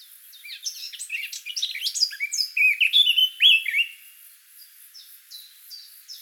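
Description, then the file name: Eurasian blackcap song: a fast scratchy warble of varied chirps that breaks into loud, clear fluted whistles, then trails off in softer scattered notes. "Sylvia atricapilla"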